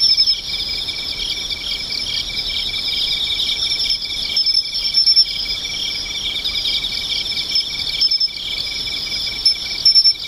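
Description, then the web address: Insect song as a constant shrill chorus with a fine rhythmic ticking, broken by a few short quieter gaps. "cats nishikawa 201110 mushinokoi"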